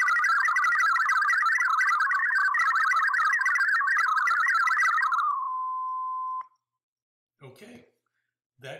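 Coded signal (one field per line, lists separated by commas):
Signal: multi-tone FSK (Olivia or MFSK type)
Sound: rapid warbling stepped tones for five seconds, a steady tone, then brief talking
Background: brief speech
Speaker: so we only record the transmission so here we go [Music] [Music] [Music] okay that should be it you will have heard that we escaped the recording back to receive mode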